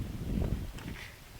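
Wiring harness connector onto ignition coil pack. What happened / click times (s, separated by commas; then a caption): The connector's locking clip clicked into place / 0.8 s. The wiring harness connector is pushed back onto a new ignition coil pack on a 2012–2015 Honda Civic 1.8L, and its plastic locking clip clicks on at 0.8 s. The click is a short, sharp snap over low rumbling handling noise, confirming the connector is seated.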